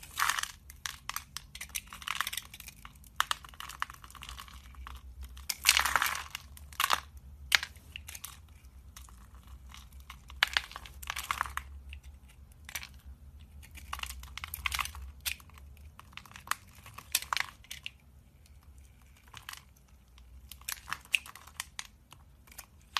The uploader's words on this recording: This episode of the White Noise Podcast is SOAP CARVING.